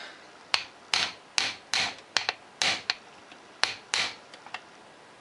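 A screwdriver repeatedly slips in the head of a corroded, rusted screw in a Polaris 400 engine cover, making sharp clicks each followed by a short scraping rasp, at 0.5, 0.9, 1.4, 2.2, 2.9 and 3.6 seconds, with fainter taps in between. The screw head strips out because of the corrosion.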